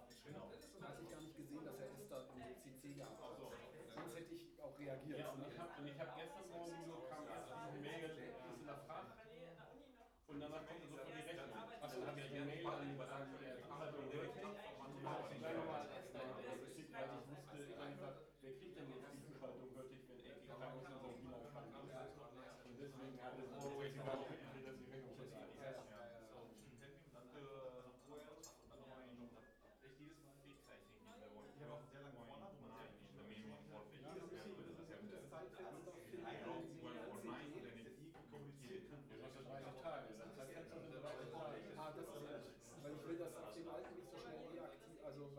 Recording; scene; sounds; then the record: everyday scene through a hearing-aid microphone; many people talking; many voices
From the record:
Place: bistro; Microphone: behind the ear, right, rear